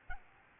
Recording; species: mosquito wingbeat signal from an infrared sensor; Aedes albopictus